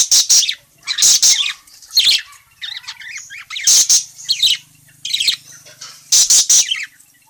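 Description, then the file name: Parakeet calls in loud, shrill clusters of two or three notes, mixed with quieter twittering chatter in the gaps. Bird chatty and in full voice, calling. "suara burung parkit gacor memanggil"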